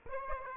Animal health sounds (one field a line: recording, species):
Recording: mosquito wingbeat signal from an infrared sensor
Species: Aedes aegypti